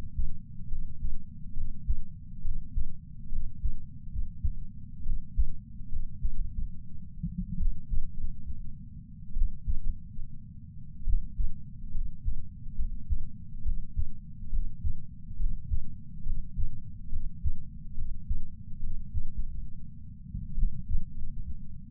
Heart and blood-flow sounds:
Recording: heart sounds by patch sensor on the chest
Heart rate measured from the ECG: 70 bpm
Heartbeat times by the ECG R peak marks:
0.68 s: heartbeat
1.54 s: heartbeat
2.42 s: heartbeat
3.29 s: heartbeat
4.09 s: heartbeat
5.03 s: heartbeat
5.89 s: heartbeat
6.33 s: heartbeat
7.58 s: heartbeat
8.15 s: heartbeat
9.34 s: heartbeat
9.80 s: heartbeat
11.05 s: heartbeat
11.92 s: heartbeat
12.76 s: heartbeat
13.63 s: heartbeat
14.50 s: heartbeat
15.37 s: heartbeat
16.23 s: heartbeat
17.09 s: heartbeat
17.95 s: heartbeat
18.80 s: heartbeat
19.30 s: heartbeat
20.55 s: heartbeat
21.13 s: heartbeat
From the record:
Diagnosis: coronary artery disease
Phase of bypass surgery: intraoperative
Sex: male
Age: 69 years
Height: 165 cm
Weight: 60 kg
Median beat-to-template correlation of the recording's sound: 0.76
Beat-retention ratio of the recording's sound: 0.99

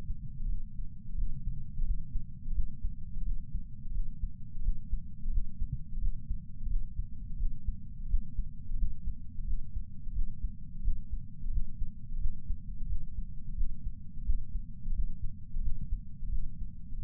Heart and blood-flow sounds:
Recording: heart sounds by patch sensor on the chest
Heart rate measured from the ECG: 87 bpm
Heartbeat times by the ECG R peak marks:
0.46 s: heartbeat
1.15 s: heartbeat
1.83 s: heartbeat
2.53 s: heartbeat
3.23 s: heartbeat
3.92 s: heartbeat
4.61 s: heartbeat
5.30 s: heartbeat
5.99 s: heartbeat
6.67 s: heartbeat
7.37 s: heartbeat
8.07 s: heartbeat
8.76 s: heartbeat
9.45 s: heartbeat
10.13 s: heartbeat
10.82 s: heartbeat
11.50 s: heartbeat
12.18 s: heartbeat
12.87 s: heartbeat
13.55 s: heartbeat
14.24 s: heartbeat
14.92 s: heartbeat
15.61 s: heartbeat
16.29 s: heartbeat
16.99 s: heartbeat
From the record:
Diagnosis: coronary artery disease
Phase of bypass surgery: postoperative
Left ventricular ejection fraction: 48.9%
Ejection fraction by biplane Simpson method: 50.6%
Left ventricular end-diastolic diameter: 48 mm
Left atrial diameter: 31 mm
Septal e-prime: 7.6 cm/s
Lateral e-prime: 9.6 cm/s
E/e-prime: 6.6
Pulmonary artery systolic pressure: 23 mmHg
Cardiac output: 5.5 L/min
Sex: male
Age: 60 years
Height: 174 cm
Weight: 72 kg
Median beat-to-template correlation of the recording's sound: 0.83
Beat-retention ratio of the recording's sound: 0.99

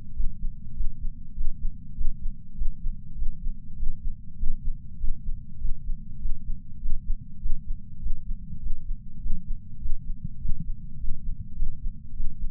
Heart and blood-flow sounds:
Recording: heart sounds by patch sensor on the chest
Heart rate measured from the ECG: 100 bpm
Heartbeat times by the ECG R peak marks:
0.13 s: heartbeat
0.73 s: heartbeat
1.33 s: heartbeat
1.94 s: heartbeat
2.54 s: heartbeat
3.15 s: heartbeat
3.75 s: heartbeat
4.36 s: heartbeat
4.97 s: heartbeat
5.57 s: heartbeat
6.18 s: heartbeat
6.78 s: heartbeat
7.39 s: heartbeat
7.99 s: heartbeat
8.59 s: heartbeat
9.19 s: heartbeat
9.78 s: heartbeat
10.38 s: heartbeat
10.97 s: heartbeat
11.55 s: heartbeat
12.13 s: heartbeat
From the record:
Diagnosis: coronary artery disease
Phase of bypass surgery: preoperative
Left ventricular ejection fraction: 69.2%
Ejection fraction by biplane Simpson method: 67.6%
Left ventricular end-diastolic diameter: 44 mm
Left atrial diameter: 34 mm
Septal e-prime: 8.5 cm/s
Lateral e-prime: 9.7 cm/s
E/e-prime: 11.5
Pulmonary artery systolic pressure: 27 mmHg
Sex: male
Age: 74 years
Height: 168 cm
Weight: 55 kg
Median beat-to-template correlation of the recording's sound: 0.94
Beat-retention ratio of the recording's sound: 0.99

